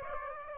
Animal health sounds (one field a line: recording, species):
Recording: mosquito wingbeat signal from an infrared sensor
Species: Aedes aegypti